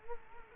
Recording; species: mosquito wingbeat signal from an infrared sensor; Culex quinquefasciatus